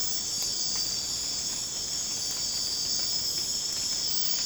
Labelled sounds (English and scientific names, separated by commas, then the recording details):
none
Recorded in secondary vegetation near Puerto Asís, Putumayo, Colombia, on 12 March 2025 at 03:00
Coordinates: 0.485, -76.322
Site G040